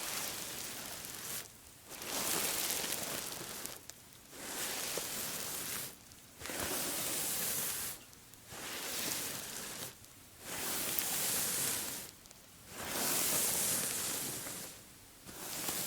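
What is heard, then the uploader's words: Hair is brushed with oil in long, even strokes, each a dense, bright hiss lasting about a second and a half. Brief quiet pauses separate the strokes, which repeat steadily about every two seconds. There is no voice. Hair Brushing with Oil (Relaxing Hair Massage, No Talking).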